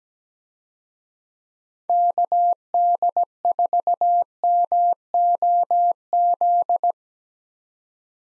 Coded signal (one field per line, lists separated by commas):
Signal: Morse code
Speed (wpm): 17 wpm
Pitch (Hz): 700 Hz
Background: none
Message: KD4MOZ